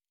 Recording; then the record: hydrophone in a shrimp aquaculture tank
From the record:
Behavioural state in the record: normal